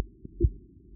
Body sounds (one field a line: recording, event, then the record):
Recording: neck accelerometer signal played as sound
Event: voluntary cough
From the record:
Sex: female